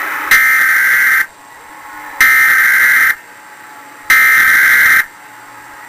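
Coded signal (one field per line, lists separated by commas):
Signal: Emergency Alert System (SAME) tones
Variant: header bursts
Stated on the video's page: First nationwide EAS test, recorded off WAVY-TV 10 with the recorder held very close to the TV.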